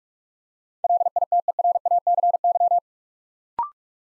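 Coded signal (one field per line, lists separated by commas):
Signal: Morse code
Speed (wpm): 44 wpm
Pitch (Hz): 700 Hz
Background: none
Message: LITERACY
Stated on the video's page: Morse Code Ninja "Build A Word" practice: 8-letter words built up three letters at a time, sent at 45 wpm for instant character recognition.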